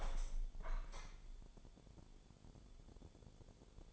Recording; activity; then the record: daily activity, microphone in the room; open window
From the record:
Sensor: 5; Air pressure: 1015.0 hPa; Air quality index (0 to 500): 105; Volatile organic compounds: 2 ppm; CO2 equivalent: 1121 ppm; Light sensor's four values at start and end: 35/81/33/31 and 35/81/33/31